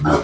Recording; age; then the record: pig call; growing-finishing pig (85 days or more)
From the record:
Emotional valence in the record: positive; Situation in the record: run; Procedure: transit